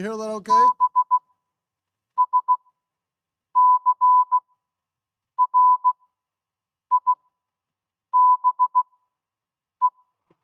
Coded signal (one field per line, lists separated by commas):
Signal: Morse code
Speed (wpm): 16 wpm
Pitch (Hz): 1000 Hz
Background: speech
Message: BSCRIBE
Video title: Sunday Forum 1 Hamvention 2026